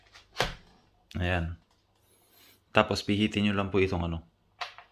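A battery pack mounted on an electric bicycle frame is handled before its lock is turned, while someone talks. A short sharp sound comes at 0.4 s and a fainter one at 4.8 s, but nothing has seated or clicked yet.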